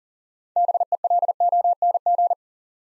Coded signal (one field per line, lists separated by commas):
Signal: Morse code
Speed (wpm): 40 wpm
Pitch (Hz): 700 Hz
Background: none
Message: BELONG